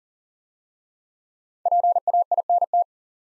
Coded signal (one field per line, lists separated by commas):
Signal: Morse code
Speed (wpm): 39 wpm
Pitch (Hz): 700 Hz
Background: none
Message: PAINT